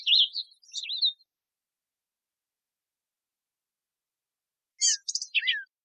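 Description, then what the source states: Black-capped vireo with two short phrases of rapid, scratchy high notes and slurs, separated by a long silent gap. Texas, 26 June 2005.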